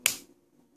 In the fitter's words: 눌러서 마지막에 철컹 소리 날 때까지